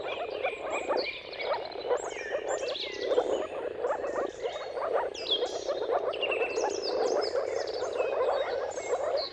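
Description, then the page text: Moor frogs calling together in a thick, rolling, bubbly chorus; birds sing and chirp above throughout. Mating-call chorus of moor frogs at sunrise, at the turn of March and April depending on the weather; recorded by Jakub Orzecki. "earth-fm Jakub-Orzecki moor frogs. Dawn’s Chorus: Mating Calls of Marsh Frogs at Sunrise. Depending on the weather at the turn of March and April, you can witness an amazing spectacle of moor frogs"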